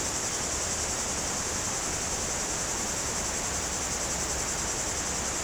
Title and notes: Chem. de Romagnieux, 01350 Culoz, France - Rivière et cigales. Sur les pentes du Grand Colombier au dessus de Culoz , par cette chaude journée les cigales sont très actives dans les arbres près du Jourdan